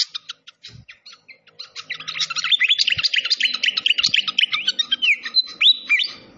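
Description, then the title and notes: Malaysian pied fantail song: spaced chirps building into a fast, dense warble of whistled slurs and rising notes, with a few soft thuds beneath. Masteran training recording for songbirds, clear voice, mixed with the sound of flowing water. "Masteran Sikatan Kipas Suara Jernih Dan Suara Gemericik Air. Suara Burung Sikatan Londo"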